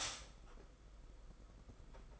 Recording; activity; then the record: daily activity, microphone in the room; stop toaster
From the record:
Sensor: 5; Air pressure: 991.8 hPa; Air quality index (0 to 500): 168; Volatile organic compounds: 430 ppm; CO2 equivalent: 4720 ppm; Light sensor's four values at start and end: 33/109/41/43 and 33/109/41/43